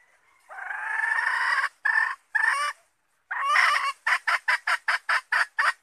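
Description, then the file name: Red junglefowl hen calls with a long, nasal note and two shorter ones, then a second long note breaking into a rapid string of clipped clucks. Hen (female) calling to find a mate. "tieng ga rung mai keu tim kiem ban tinh"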